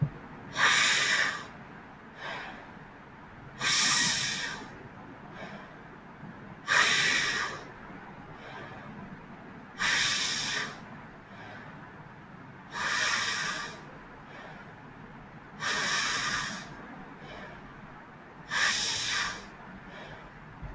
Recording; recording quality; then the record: deep breathing; excellent, no background noise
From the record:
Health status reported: healthy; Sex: male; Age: 25 years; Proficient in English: yes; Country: India